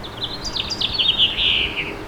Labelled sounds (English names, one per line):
House Finch song